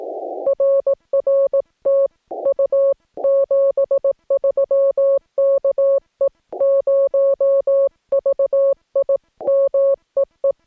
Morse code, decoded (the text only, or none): RR TU 73 KE0VIM EE